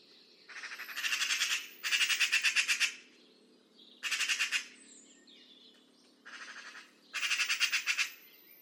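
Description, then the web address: Bird calls with five rasping, stuttering bursts, some paired closely, each a rough buzzy rattle about a second long or less. "Deverinetal 2025 File origin Bird Only"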